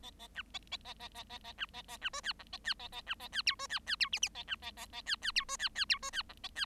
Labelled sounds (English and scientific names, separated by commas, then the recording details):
Bengalese Finch (Lonchura striata domestica) song
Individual Bird7